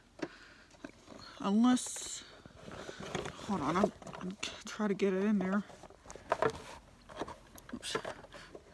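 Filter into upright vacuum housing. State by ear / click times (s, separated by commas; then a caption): not seated / none. A plastic-framed filter is pushed into its housing on a Hoover WindTunnel Plus upright vacuum while someone talks, with short plastic knocks and taps, the loudest around 6.3–6.4 seconds. The filter does not go fully in; nothing has seated or clicked yet.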